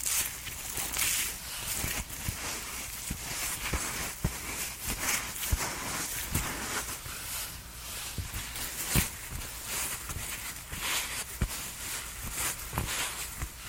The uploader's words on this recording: TimASMR-Doing Your Summer Skincare Routine and Makeup Sounds NO TALKING.